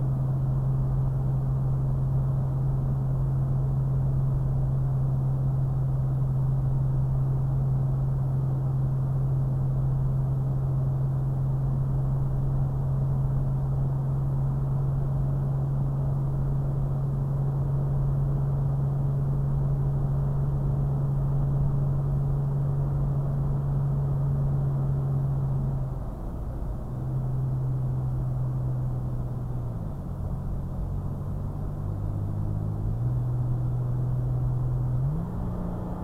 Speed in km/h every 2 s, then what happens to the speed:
71, 72, 69, 71, 71, 74, 74, 74, 71, 76, 76, 76, 76, 68, 66, 66, 60, 61.
0-16 steady at about 71. 22-26 slows to 68.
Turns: none.